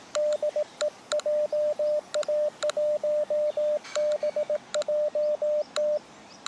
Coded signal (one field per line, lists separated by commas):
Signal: Morse code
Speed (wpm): 19 wpm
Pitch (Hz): 600 Hz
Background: radio noise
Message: DE JA1BJT